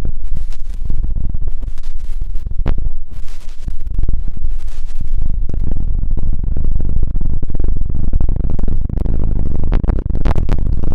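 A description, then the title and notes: Deep ear cleaning, heard as a dense, continuous run of scratching and rustling with heavy low rumble throughout. Brighter crackling bursts cluster near the start, around three to five seconds, and again near the end, over a steady loud bed. ASMR INTENSE Deep Ear Cleaning (No Talking).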